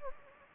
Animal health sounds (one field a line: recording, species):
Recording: mosquito wingbeat signal from an infrared sensor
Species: Anopheles gambiae